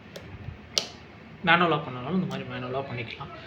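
The fiber holder clamp on a Fujikura 33S fusion splicer is closed by hand to show manual locking, and it snaps shut with a sharp click at 0.8 s, locked and seated. Someone talks over the rest of the clip.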